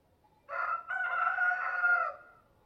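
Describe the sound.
Rooster giving one full crow: a brief opening syllable and a sustained, hoarse, level note that tails off, on a quiet background.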